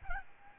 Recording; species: mosquito wingbeat signal from an infrared sensor; Aedes albopictus